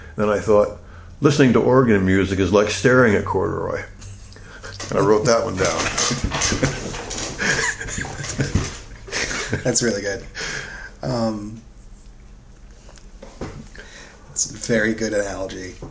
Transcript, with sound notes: And then I thought “listening to organ music is like staring at corduroy,” and I wrote that one down.
[laughter] That's really good. That's a very good analogy.